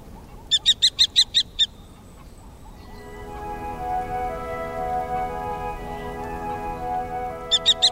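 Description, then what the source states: Common Kestrel giving a rapid run of about six sharp high notes, then another short run at the end, with music beginning behind. Perched on a signboard eating fairly large prey in evening sun, sunny autumn afternoon, Watarase Retarding Basin, Japan.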